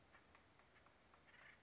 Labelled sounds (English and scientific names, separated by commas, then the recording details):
Acorn Woodpecker (Melanerpes formicivorus)
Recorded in Sonoma County, California